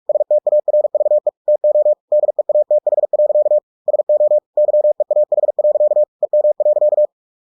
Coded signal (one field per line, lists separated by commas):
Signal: Morse code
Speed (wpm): 46 wpm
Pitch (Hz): 600 Hz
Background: none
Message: STARVE TO DEATH. SO YEAH. EM.